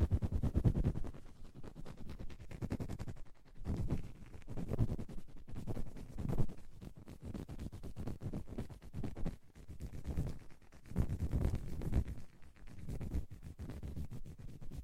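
Deep ear cleaning sounds: dense, crackling scratches and rubs with a heavy, muffled low thump underneath. The scraping comes in swelling strokes roughly every second or two, brief lulls between them, and the texture stays busy and gritty throughout.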